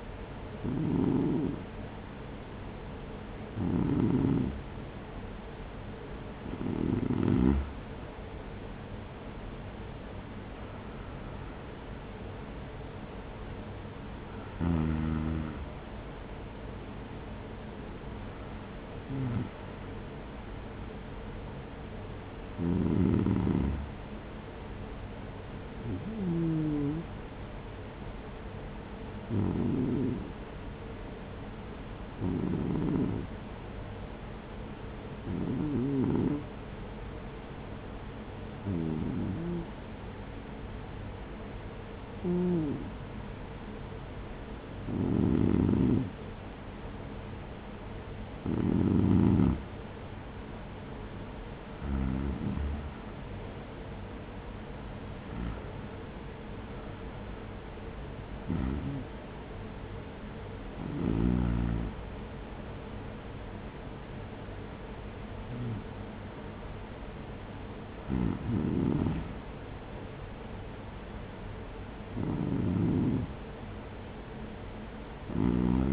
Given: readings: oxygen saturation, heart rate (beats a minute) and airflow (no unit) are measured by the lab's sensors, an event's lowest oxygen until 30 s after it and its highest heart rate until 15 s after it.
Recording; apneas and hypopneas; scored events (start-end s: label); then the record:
breathing in sleep by a voice recorder at the bedside; 1
31.00-50.80 s: hypopnea (REM, oxygen 97% highest, then 94% lowest, heart rate 66 at the start, 66 highest)
From the record:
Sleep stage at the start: REM sleep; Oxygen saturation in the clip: 94 to 97%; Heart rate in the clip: 57 to 67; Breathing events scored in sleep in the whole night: 210 in 6.9 hours asleep